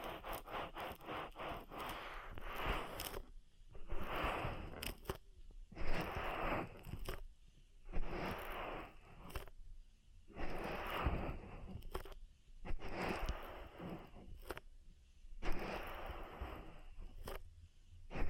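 An oil ear massage: slick, wet rubbing strokes come in swells roughly every two seconds, each lasting a second or so before a brief hush. The strokes are rough and mid-to-bright, with small crackles, sharp clicks and faint low thumps between them.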